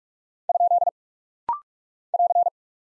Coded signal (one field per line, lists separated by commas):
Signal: Morse code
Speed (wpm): 46 wpm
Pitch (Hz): 700 Hz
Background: none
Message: ? <AR>